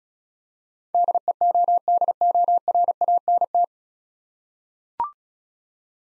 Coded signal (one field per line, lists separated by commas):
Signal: Morse code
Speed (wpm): 36 wpm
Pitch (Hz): 700 Hz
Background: none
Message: DEODORANT